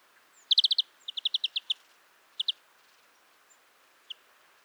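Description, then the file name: European greenfinch calls: quick bursts of sharp, high chirps run together in short trills, then a few isolated notes trailing off. "Chloris chloris"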